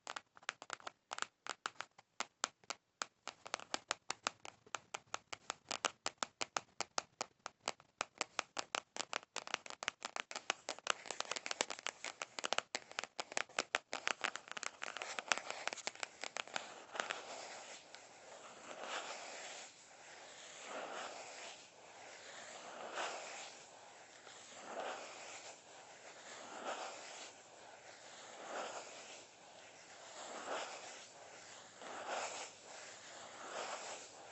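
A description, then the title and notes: Quiet finger flutters open the recording as a rapid, dense patter of light taps that thins out over the first fifteen seconds. Then slow, even brushing strokes take over, soft bright swishes repeating about every second and a half until the end. Personal Attention, Massaging, Finger Flutters, & Hair Brushing.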